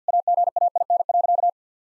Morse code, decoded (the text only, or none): AGAIN.